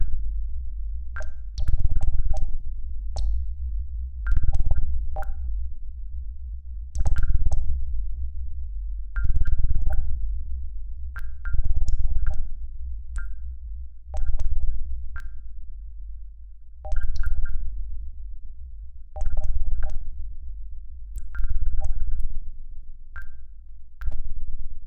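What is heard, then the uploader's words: Control room bleeping: short electronic beeps in quick little clusters, sounding every two to three seconds with a few sharp ticks among them. Underneath runs a constant deep, heavy hum that never lets up, swelling slightly as each burst of beeps arrives. Control room bleeping.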